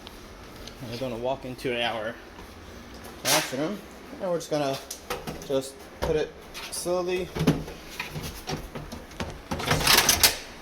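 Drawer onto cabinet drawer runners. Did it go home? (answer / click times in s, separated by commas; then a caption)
yes / 10.1 s, 10.2 s. A drawer is lowered slowly onto the drawer runners in a bathroom vanity cabinet, an IKEA Sektion Maximera drawer, while someone talks. Two clicks are heard at about 10.1 and 10.2 seconds as it locks into place. The drawer is seated on its runners.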